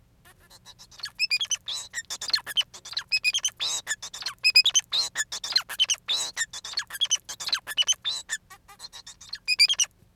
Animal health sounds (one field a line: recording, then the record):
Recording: song of a male Bengalese finch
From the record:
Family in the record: son of father 4